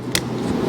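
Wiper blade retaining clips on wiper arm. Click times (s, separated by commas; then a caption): 0.2 s. On a Tesla Model X, the wiper blade's retaining clips are pushed in by hand onto the wiper arm. A sharp click at 0.2 s marks them snapping into place, heard over a steady low background hum. The clips are seated.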